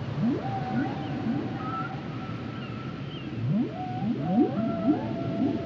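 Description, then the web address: Whale song of repeated rising upsweeps, roughly two a second in bursts, with long level whistles above and a constant low rumble beneath. "Natures Songs Whale Songs Whales and Dolphins - whale nature sounds songs"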